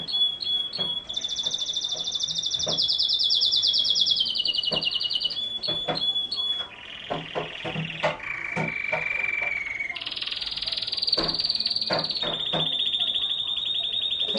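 Canary song: rapid trilled rolls and buzzy tours at high pitch, switching every few seconds between fast repeated notes and sustained warbled phrases.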